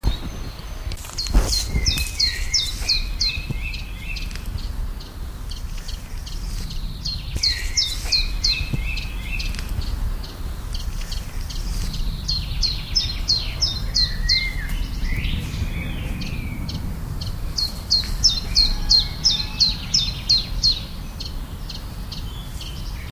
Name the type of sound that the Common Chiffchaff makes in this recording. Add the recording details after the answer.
song. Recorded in the wild. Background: Troglodytes troglodytes. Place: Leest, Brandenburg, DE. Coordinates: 52.4333, 12.95. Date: 1996-06-15 12:30. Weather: cloudy, 15°C. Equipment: Sony MD-WM MZ-R3, Sennheiser MKH 416 T, Kopie Uher 4000 Report Monitor. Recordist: Tembrock, Günter